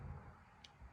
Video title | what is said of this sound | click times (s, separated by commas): every good tow rig needs these. Ev3 isspro gauge kit!! | and you'll feel it click and give it a little tug. It's stuck in there. | 0.7 s